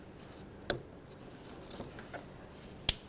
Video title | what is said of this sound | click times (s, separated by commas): How to Replace AC Condenser 2013-2018 Toyota RAV4 | Line it up and just push it till it clicks. | 2.9 s